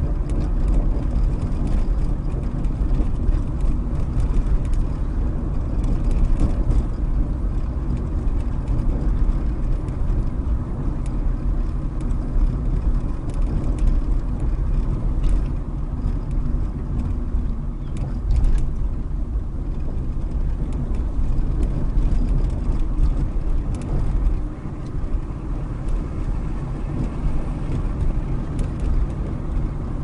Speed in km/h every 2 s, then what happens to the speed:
34, 34, 34, 32, 32, 32, 32, 31, 26, 26, 31, 32, 32, 34, 32.
0-12 steady at about 32. 12-16 slows to 26. 16-25 speeds up to 34.